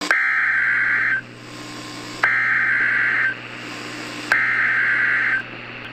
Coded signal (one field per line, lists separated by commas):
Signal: Emergency Alert System (SAME) tones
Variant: header bursts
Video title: [EAS] CIVIL EMERGENCY MESSAGE 7/18/2024 (REAL)